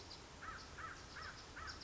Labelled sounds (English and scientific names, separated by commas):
American Crow (Corvus brachyrhynchos)